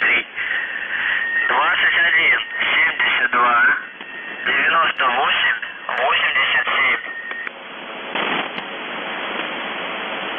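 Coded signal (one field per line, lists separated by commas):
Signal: numbers station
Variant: UVB-76, Russian voice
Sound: voice reading words over shortwave radio, with brief steady whistle tones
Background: radio static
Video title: The Buzzer/UVB-76(4625Khz) June 24, 2021 07:54UTC Voice message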